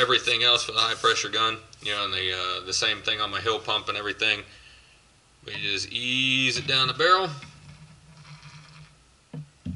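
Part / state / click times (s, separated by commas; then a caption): shroud onto air rifle barrel / not seated / none. A metal Talon Tunes Gen 6 shroud is eased down an air rifle barrel while someone talks, with a few faint, short knocks of handling near the end around 9.3 to 9.8 seconds. The shroud is still to be lined up, pushed into place and locked with a grub screw, so nothing has seated or clicked yet.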